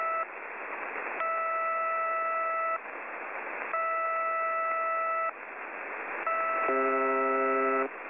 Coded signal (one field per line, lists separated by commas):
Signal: channel marker